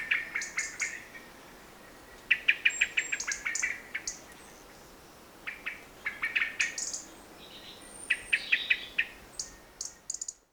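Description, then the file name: Common blackbird calls in several bursts of quick, hard chinking notes separated by short pauses, while faint high-pitched thin notes sound in between. "Turdus merula"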